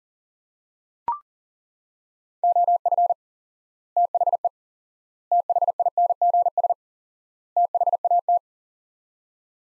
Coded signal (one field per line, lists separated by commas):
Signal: Morse code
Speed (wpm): 40 wpm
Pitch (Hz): 700 Hz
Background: none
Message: OF THE THINGS THAT